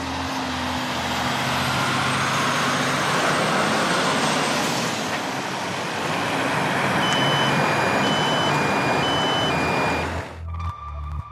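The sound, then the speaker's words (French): A heavy convoy truck roars past at a roadside in the village of Saint-Martin-de-Gréard, France, with a loud, steady rumble and high whining tones, while rapid irregular clicks of a Geiger counter measuring its radiation crackle through the noise before it suddenly drops away near the end. “Pour savoir si ces convois émettent des radiations, nous avons apporté un compteur Geiger et nous attendons un camion au bord de la route.”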